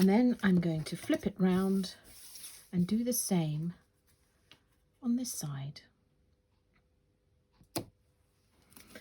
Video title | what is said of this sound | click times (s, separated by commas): Day 2 – Pretty wreath with #Sweet Poppy Stencils | that's the beauty did you hear that click that's the beauty of metal stencil onto my magnetic plate | 7.8 s